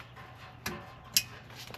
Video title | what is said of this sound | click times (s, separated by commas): DIESEL RAM TIME | I heard it click so we are good to go | 1.2 s